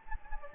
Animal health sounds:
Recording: mosquito wingbeat signal from an infrared sensor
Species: Anopheles gambiae

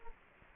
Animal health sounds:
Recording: mosquito wingbeat signal from an infrared sensor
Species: Culex quinquefasciatus

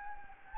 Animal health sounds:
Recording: mosquito wingbeat signal from an infrared sensor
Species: Anopheles gambiae

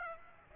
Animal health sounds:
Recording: mosquito wingbeat signal from an infrared sensor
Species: Aedes aegypti

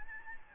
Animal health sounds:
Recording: mosquito wingbeat signal from an infrared sensor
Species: Aedes albopictus

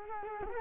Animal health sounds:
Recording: mosquito wingbeat signal from an infrared sensor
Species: Culex quinquefasciatus

